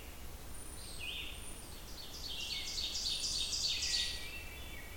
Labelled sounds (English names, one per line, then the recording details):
Ovenbird song
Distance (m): 45 m
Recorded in boreal forest in Alberta, Canada, on 28 June 2016 at 08:21
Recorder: SongMeter 3, array SBT-6-79
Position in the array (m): 34 m, 128 m
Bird 40